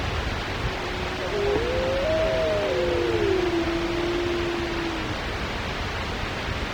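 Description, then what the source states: Mammal howl: a softer tonal call rises, holds briefly, then slides down, holds low and fades, over constant hiss. Solitary mammal recorded in Wrangell-St. Elias, Alaska, on 4 February 2017.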